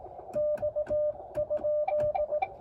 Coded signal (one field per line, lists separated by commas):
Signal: Morse code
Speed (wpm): 19 wpm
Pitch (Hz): 600 Hz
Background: music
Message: X?